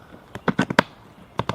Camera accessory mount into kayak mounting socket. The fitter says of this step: pops right in you attach it here